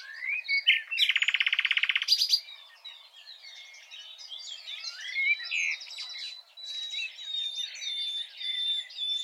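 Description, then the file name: Common nightingale song: a brief whistle, then a loud rapid buzzy trill, followed by a quieter jumble of varied chirps and whistles. "Luscinia megarhynchos"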